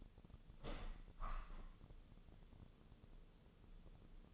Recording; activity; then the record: daily activity, microphone in the room; open window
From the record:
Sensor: 4